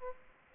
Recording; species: mosquito wingbeat signal from an infrared sensor; Aedes aegypti